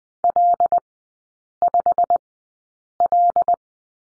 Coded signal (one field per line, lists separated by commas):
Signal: Morse code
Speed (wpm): 20 wpm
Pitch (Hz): 700 Hz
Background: none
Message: L5L